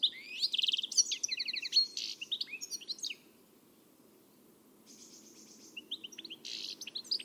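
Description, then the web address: Bird calls as a fast twittering of chirps and buzzy notes for about three seconds, a quiet pause, then scattered softer high chirps resuming. "Deverinetal. Bird Only"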